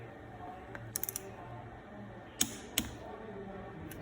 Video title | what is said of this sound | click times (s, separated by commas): How to Clean & Prepare a Spiral Cutterblock | and then grab the torque wrench and you'll turn that on until you hear a click | 2.4 s, 2.8 s